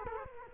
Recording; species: mosquito wingbeat signal from an infrared sensor; Culex quinquefasciatus